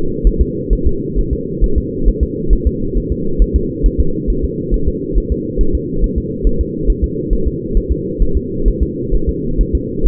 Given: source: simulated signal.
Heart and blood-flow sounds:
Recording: fetal heart sounds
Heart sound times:
0.27 s: S1
0.41 s: S2
0.73 s: S1
0.87 s: S2
1.19 s: S1
1.33 s: S2
1.64 s: S1
1.78 s: S2
2.09 s: S1
2.23 s: S2
2.53 s: S1
2.67 s: S2
2.97 s: S1
3.12 s: S2
3.42 s: S1
3.56 s: S2
3.86 s: S1
4.00 s: S2
4.30 s: S1
4.44 s: S2
4.74 s: S1
4.88 s: S2
5.18 s: S1
5.32 s: S2
5.61 s: S1
5.75 s: S2
6.04 s: S1
6.18 s: S2
6.47 s: S1
6.61 s: S2
6.90 s: S1
7.04 s: S2
7.33 s: S1
7.47 s: S2
7.77 s: S1
7.92 s: S2
8.22 s: S1
8.37 s: S2
8.68 s: S1
8.82 s: S2
9.15 s: S1
9.29 s: S2
9.61 s: S1
9.75 s: S2
10.07 s: S1
From the record:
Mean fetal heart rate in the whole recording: 135 bpm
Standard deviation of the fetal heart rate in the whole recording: 3 bpm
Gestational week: 36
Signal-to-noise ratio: -8.1 dB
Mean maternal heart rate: 72 bpm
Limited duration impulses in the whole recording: absent

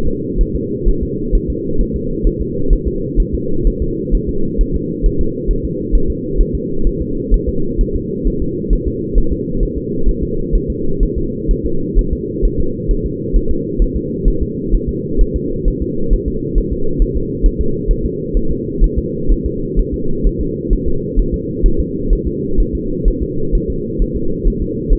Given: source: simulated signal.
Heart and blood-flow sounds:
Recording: fetal heart sounds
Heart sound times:
0.07 s: S2
0.41 s: S1
0.56 s: S2
0.89 s: S1
1.03 s: S2
1.35 s: S1
1.50 s: S2
1.81 s: S1
1.96 s: S2
2.27 s: S1
2.41 s: S2
2.73 s: S1
2.88 s: S2
3.20 s: S1
3.34 s: S2
3.67 s: S1
3.82 s: S2
4.15 s: S1
4.29 s: S2
4.61 s: S1
4.75 s: S2
5.06 s: S1
5.21 s: S2
5.51 s: S1
5.65 s: S2
5.95 s: S1
6.10 s: S2
6.41 s: S1
6.55 s: S2
6.87 s: S1
7.01 s: S2
7.34 s: S1
7.49 s: S2
7.81 s: S1
7.96 s: S2
8.28 s: S1
8.42 s: S2
8.73 s: S1
8.88 s: S2
9.18 s: S1
9.32 s: S2
9.63 s: S1
9.78 s: S2
10.09 s: S1
10.23 s: S2
10.55 s: S1
10.70 s: S2
11.03 s: S1
11.18 s: S2
11.51 s: S1
11.66 s: S2
11.99 s: S1
12.13 s: S2
12.45 s: S1
12.60 s: S2
12.91 s: S1
13.06 s: S2
13.37 s: S1
13.51 s: S2
13.82 s: S1
13.97 s: S2
14.28 s: S1
14.42 s: S2
14.75 s: S1
14.89 s: S2
15.21 s: S1
15.36 s: S2
15.68 s: S1
15.82 s: S2
16.13 s: S1
16.28 s: S2
16.58 s: S1
16.73 s: S2
17.02 s: S1
17.17 s: S2
17.46 s: S1
17.61 s: S2
17.91 s: S1
18.05 s: S2
18.37 s: S1
18.51 s: S2
18.84 s: S1
18.98 s: S2
19.32 s: S1
19.46 s: S2
19.80 s: S1
19.94 s: S2
20.27 s: S1
20.41 s: S2
20.73 s: S1
20.88 s: S2
21.19 s: S1
21.34 s: S2
21.66 s: S1
21.80 s: S2
22.13 s: S1
22.27 s: S2
22.60 s: S1
22.75 s: S2
23.08 s: S1
23.23 s: S2
23.55 s: S1
23.70 s: S2
24.02 s: S1
24.16 s: S2
24.48 s: S1
24.62 s: S2
24.93 s: S1
From the record:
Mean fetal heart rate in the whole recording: 130 bpm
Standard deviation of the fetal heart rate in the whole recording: 4 bpm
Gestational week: 38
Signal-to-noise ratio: -8.1 dB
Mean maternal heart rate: 72 bpm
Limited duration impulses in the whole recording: absent

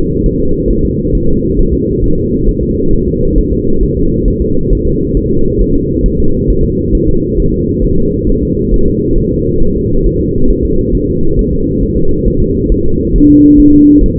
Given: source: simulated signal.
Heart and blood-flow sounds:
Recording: fetal heart sounds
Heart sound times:
0.26 s: S1
0.40 s: S2
0.71 s: S1
0.85 s: S2
1.15 s: S1
1.29 s: S2
1.59 s: S1
1.74 s: S2
2.04 s: S1
2.18 s: S2
2.49 s: S1
2.63 s: S2
2.93 s: S1
3.08 s: S2
3.38 s: S1
3.53 s: S2
3.83 s: S1
3.97 s: S2
4.28 s: S1
4.42 s: S2
4.73 s: S1
4.87 s: S2
5.17 s: S1
5.31 s: S2
5.62 s: S1
5.76 s: S2
6.06 s: S1
6.20 s: S2
6.50 s: S1
6.65 s: S2
6.95 s: S1
7.09 s: S2
7.40 s: S1
7.54 s: S2
7.84 s: S1
7.99 s: S2
8.29 s: S1
8.43 s: S2
8.74 s: S1
8.88 s: S2
9.18 s: S1
9.32 s: S2
9.62 s: S1
9.77 s: S2
10.06 s: S1
10.21 s: S2
10.50 s: S1
10.65 s: S2
10.95 s: S1
11.09 s: S2
11.39 s: S1
11.53 s: S2
11.83 s: S1
11.98 s: S2
12.28 s: S1
12.42 s: S2
12.72 s: S1
12.86 s: S2
13.16 s: S1
13.30 s: S2
13.60 s: S1
13.74 s: S2
14.04 s: S1
14.18 s: S2
From the record:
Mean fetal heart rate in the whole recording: 135 bpm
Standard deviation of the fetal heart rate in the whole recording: 3 bpm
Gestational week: 36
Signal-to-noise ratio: -17.7 dB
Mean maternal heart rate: 72 bpm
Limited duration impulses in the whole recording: present

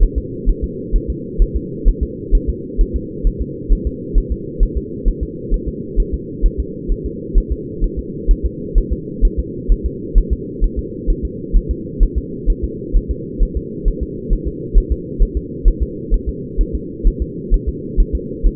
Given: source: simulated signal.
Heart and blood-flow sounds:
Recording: fetal heart sounds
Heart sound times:
0.03 s: S1
0.18 s: S2
0.49 s: S1
0.64 s: S2
0.96 s: S1
1.10 s: S2
1.42 s: S1
1.56 s: S2
1.88 s: S1
2.03 s: S2
2.35 s: S1
2.49 s: S2
2.81 s: S1
2.96 s: S2
3.27 s: S1
3.42 s: S2
3.73 s: S1
3.87 s: S2
4.18 s: S1
4.32 s: S2
4.63 s: S1
4.78 s: S2
5.08 s: S1
5.23 s: S2
5.54 s: S1
5.68 s: S2
6.00 s: S1
6.14 s: S2
6.46 s: S1
6.60 s: S2
6.92 s: S1
7.06 s: S2
7.38 s: S1
7.52 s: S2
7.84 s: S1
7.99 s: S2
8.31 s: S1
8.46 s: S2
8.78 s: S1
8.93 s: S2
9.25 s: S1
9.39 s: S2
9.72 s: S1
9.86 s: S2
10.18 s: S1
10.33 s: S2
10.64 s: S1
10.79 s: S2
11.10 s: S1
11.25 s: S2
11.57 s: S1
11.71 s: S2
12.03 s: S1
12.18 s: S2
12.50 s: S1
12.64 s: S2
12.96 s: S1
13.11 s: S2
13.43 s: S1
13.57 s: S2
13.88 s: S1
14.03 s: S2
14.33 s: S1
14.47 s: S2
14.78 s: S1
14.92 s: S2
15.23 s: S1
15.37 s: S2
15.68 s: S1
15.82 s: S2
16.14 s: S1
16.29 s: S2
16.61 s: S1
16.75 s: S2
17.07 s: S1
17.22 s: S2
17.54 s: S1
17.68 s: S2
18.00 s: S1
18.15 s: S2
18.46 s: S1
From the record:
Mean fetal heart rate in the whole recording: 130 bpm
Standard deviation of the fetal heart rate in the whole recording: 2 bpm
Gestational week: 38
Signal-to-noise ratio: -4.1 dB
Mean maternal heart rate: no maternal heart sound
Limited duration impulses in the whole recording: absent

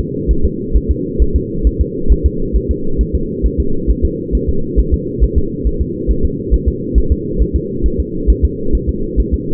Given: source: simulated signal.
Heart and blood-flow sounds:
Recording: fetal heart sounds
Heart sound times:
0.31 s: S1
0.45 s: S2
0.76 s: S1
0.91 s: S2
1.22 s: S1
1.36 s: S2
1.67 s: S1
1.81 s: S2
2.12 s: S1
2.26 s: S2
2.56 s: S1
2.71 s: S2
3.01 s: S1
3.15 s: S2
3.46 s: S1
3.60 s: S2
3.90 s: S1
4.05 s: S2
4.35 s: S1
4.49 s: S2
4.80 s: S1
4.94 s: S2
5.24 s: S1
5.38 s: S2
5.67 s: S1
5.81 s: S2
6.11 s: S1
6.25 s: S2
6.54 s: S1
6.68 s: S2
6.98 s: S1
7.12 s: S2
7.42 s: S1
7.56 s: S2
7.86 s: S1
8.00 s: S2
8.30 s: S1
8.45 s: S2
8.75 s: S1
8.89 s: S2
9.20 s: S1
9.34 s: S2
From the record:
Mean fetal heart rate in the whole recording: 135 bpm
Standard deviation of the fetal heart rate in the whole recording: 3 bpm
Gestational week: 34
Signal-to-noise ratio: -8.1 dB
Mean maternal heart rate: 72 bpm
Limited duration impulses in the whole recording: absent

